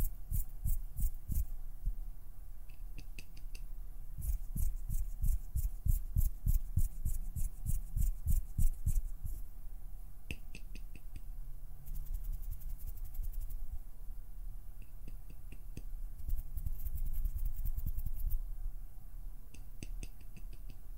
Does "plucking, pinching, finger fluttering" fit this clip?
yes